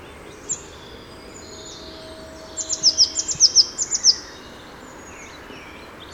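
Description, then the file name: Eurasian blue tit calls: a quick burst of about ten high, thin, descending notes in the middle, over steady background noise and fainter high bird sounds. "Cyanistes caeruleus"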